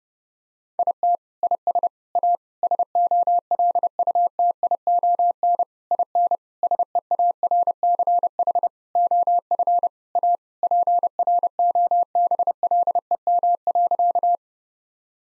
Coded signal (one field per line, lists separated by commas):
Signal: Morse code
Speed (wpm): 30 wpm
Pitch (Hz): 700 Hz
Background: none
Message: IT IS A SOLUTION IN SEARCH OF A PROBLEM.